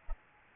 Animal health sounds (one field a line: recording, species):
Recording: mosquito wingbeat signal from an infrared sensor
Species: Aedes albopictus